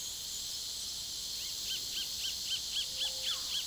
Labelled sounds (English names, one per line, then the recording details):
Roadside Hawk
Russet-backed Oropendola
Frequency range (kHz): Roadside Hawk 0.7-4.2 kHz; Russet-backed Oropendola 0.3-1.9 kHz
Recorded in pastures near Puerto Asís, Putumayo, Colombia, on 19 February 2024 at 09:00
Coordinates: 0.466, -76.323
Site G6384